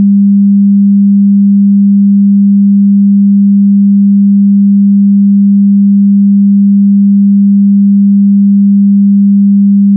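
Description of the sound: A steady, continuous pure sine tone at about 200 Hz, held at constant loudness with no variation for the full 10 seconds. It is a synthetic test tone from a device, used for tinnitus determination: matching the pitch of a person's tinnitus.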